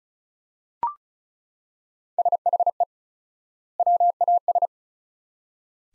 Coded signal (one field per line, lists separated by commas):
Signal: Morse code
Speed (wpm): 36 wpm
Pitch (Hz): 700 Hz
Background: none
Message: SHE WAS